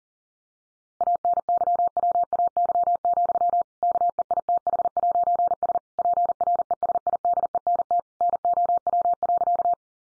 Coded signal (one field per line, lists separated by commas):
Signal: Morse code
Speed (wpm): 40 wpm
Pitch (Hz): 700 Hz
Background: none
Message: ANYWAY, KEITH'S PRESIDENT NOW.